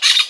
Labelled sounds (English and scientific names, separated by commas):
Brown-throated Parakeet (Eupsittula pertinax) contact call